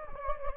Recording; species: mosquito wingbeat signal from an infrared sensor; Anopheles gambiae